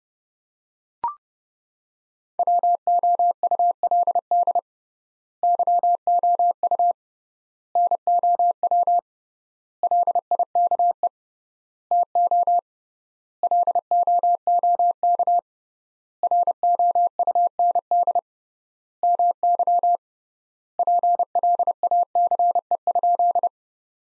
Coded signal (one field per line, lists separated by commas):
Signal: Morse code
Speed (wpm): 32 wpm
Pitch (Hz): 700 Hz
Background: none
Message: WOULD YOU NOW LIKE TO LOOK ROUND MY PLACE?